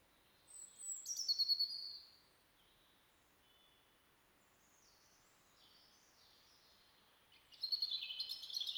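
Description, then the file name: European robin song: a rapid high warble at the start, a long pause with faint scattered notes, then another burst of bright twittering at the end. "Erithacus rubecula"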